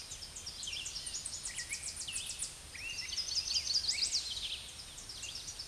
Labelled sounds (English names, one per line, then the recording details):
Red-eyed Vireo song
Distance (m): 35 m
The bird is about 15 m above the microphone
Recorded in a Pennsylvania forest on 16 May 2024 at 07:14
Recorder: AudioMoth, point MSD-0665
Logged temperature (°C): 16.1 °C
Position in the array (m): 101 m, 103 m